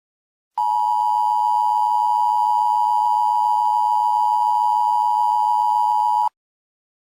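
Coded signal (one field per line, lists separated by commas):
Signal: Emergency Alert System (SAME) tones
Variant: 853 and 960 Hz attention tone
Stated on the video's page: Fictional EAS scenario inspired by Incredibles 2.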